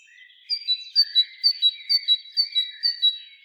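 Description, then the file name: Great tit singing a bright see-saw of two whistled notes, repeated six times evenly. "Parus major"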